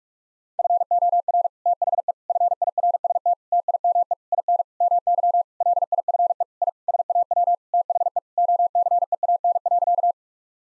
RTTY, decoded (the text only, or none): none